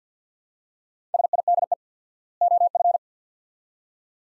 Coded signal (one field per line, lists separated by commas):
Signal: Morse code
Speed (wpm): 50 wpm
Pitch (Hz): 700 Hz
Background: none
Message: SIDE OF